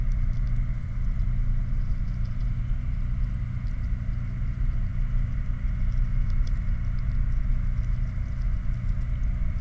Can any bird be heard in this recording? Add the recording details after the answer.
no. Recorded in the Prudhoe Bay oil fields, Alaska, on 11 August 2019 at 20:39. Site 29